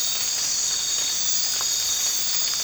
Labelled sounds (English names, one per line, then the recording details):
none
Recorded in dense forest near Puerto Asís, Putumayo, Colombia, on 8 March 2025 at 03:30
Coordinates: 0.484, -76.317
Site G064